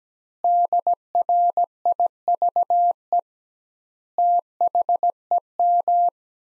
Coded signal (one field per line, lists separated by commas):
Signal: Morse code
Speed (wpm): 17 wpm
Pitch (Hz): 700 Hz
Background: none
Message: DRIVE THEM